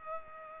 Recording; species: mosquito wingbeat signal from an infrared sensor; Culex pipiens